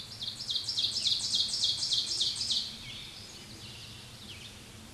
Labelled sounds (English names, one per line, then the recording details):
Ovenbird song
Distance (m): 10 m
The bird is about 5 m below the microphone
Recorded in a Pennsylvania forest on 16 May 2024 at 06:50
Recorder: AudioMoth, point MSD-2287
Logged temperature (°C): 11.2 °C
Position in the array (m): 138 m, 30 m